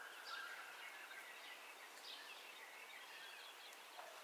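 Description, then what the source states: Birds in a dawn chorus, several overlapping high chirps and thin whistles mixed through soft constant hiss, with one sharp click near the end. Dawn ambience of bird calls, recorded in stereo.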